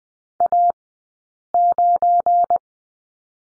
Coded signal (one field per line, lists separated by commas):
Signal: Morse code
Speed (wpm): 20 wpm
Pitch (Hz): 700 Hz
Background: none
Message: A9